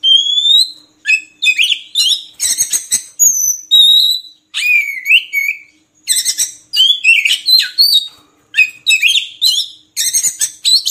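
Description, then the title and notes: Oriental magpie-robin song of loud whistles and buzzy notes, given in dense, varied phrases with short gaps between them. Long-duration 'isian' (fill-in) song material of kacer, meant to get birds singing constantly ('gacor') by day and night. "Kacer Jadi Gacor Siang Malam. Isian Kacer Durasi Panjang"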